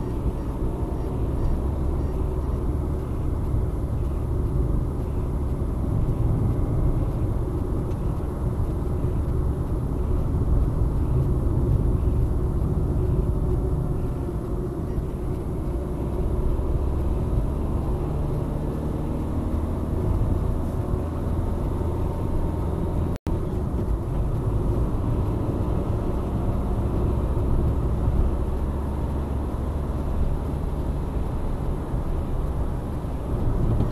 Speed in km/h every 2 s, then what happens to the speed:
49, 54, 55, 58, 58, 55, 52, 56, 57, 59, 63, 65, 65, 71, 75, 77, 80.
0-5 speeds up to 58. 5-15 steady at about 56. 15-34 speeds up to 80.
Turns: none.